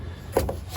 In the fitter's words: don't know if my hands are getting in the way or not, but there you hear it click, and